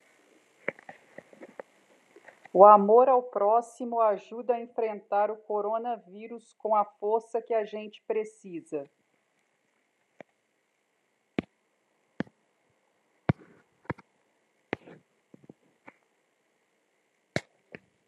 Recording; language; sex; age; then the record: spoken sentence; Brazilian Portuguese; female; 40 to 49 years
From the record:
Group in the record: control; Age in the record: 45 years